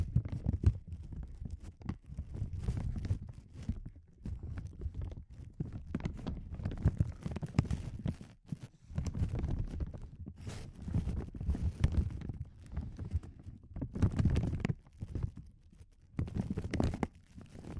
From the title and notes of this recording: ASMR Sensitive Crinkles (No Talking).